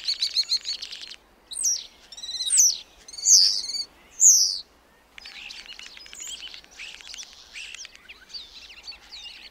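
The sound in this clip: Black starling song: a buzzy rattle, then four loud, sweeping whistled notes about one second apart, followed by softer scratchy chatter.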